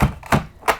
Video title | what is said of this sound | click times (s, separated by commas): Sleep Specialist Demonstrates How to setup and use a CPAP machine - ResMed S9 | and then you just push and when you hear a click they're snug together | 0.3 s